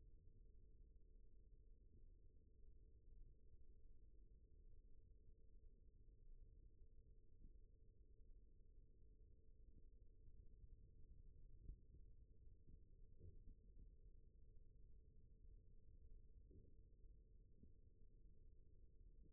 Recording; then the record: forearm muscle sounds (acoustic myography)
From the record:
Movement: rest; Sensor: system 1, eight BSWA MPA416 microphones around the upper forearm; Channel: 1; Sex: male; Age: 41 years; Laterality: right